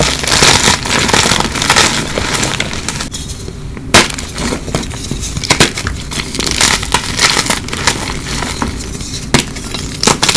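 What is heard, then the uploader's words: Continuous crushing and crinkling, dense and irregular, with sharp louder cracks near four, nine and ten seconds and a brief quieter lull around three. Amazing crushes.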